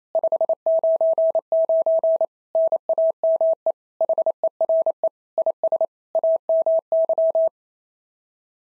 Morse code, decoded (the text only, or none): 599 NAME HERE IS AMY